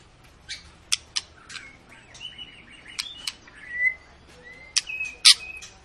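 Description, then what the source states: White-rumped shama song of varied whistles, sharp high chips and a rising whistle, phrases spaced by short pauses. Long, lively (gacor) lure song of a white-rumped shama, used to prompt other birds to sing.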